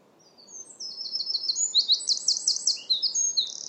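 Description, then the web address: Bird calls: a rapid run of high, thin chirps and trills that builds in loudness after the first half second and continues steadily to the end. "Deverinetal 2025 File origin Bird Only"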